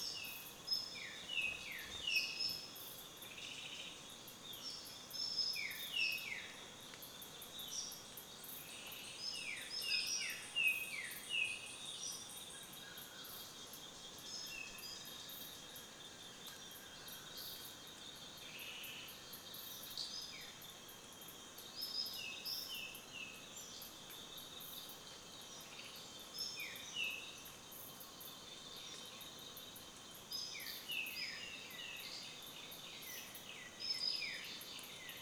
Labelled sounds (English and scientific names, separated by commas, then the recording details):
Plain Greenbul (Eurillas curvirostris)
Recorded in Kibale, Uganda